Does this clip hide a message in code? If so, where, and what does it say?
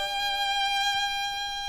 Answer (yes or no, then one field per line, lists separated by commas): no